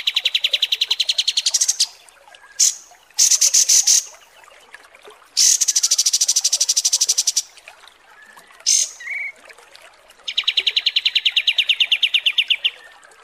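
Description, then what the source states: Kapas tembak: bird chattering: long trilled rattles alternate with short buzzy high bursts and a brief whistled note, repeated throughout. Masteran (tutor recording for training cage birds) of kapas tembak song, described as 'mewah' (luxurious).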